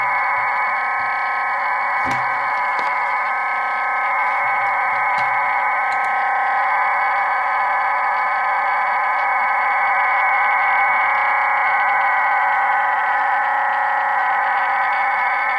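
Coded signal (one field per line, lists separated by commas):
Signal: digital SSTV (DRM)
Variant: HamDRM, QAM64 OFDM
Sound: steady dense hiss-like warble band with faint constant tones, unbroken throughout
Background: radio static, brief clicks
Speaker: jsou ofdm šifrování v modulaci kvam 64 každá nosná ofdm vy kódovaná v klamu 64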